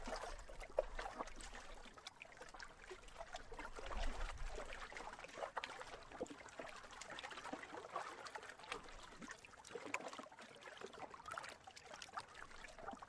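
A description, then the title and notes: Water laps and trickles steadily for the whole stretch, a dense patter of small splashes and drips in the mid and upper range. A slightly fuller swell comes near four seconds, with a few sharper plinks around one and ten seconds. Water lapping.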